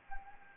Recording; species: mosquito wingbeat signal from an infrared sensor; Anopheles gambiae